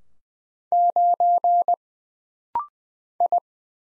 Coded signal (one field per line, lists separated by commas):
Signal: Morse code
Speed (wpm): 20 wpm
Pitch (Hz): 700 Hz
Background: none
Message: 9 I